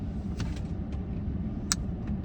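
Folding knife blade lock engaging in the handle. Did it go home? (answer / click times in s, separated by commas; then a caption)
yes / 1.7 s. A folding knife's metal blade (Null Voodoo) is flicked open off the stud, and its lock engages in the handle with a sharp, bright click at 1.7 s, after a fainter tick around 0.4 s. A steady low rumble runs underneath throughout. The blade lock clicks into place and is seated.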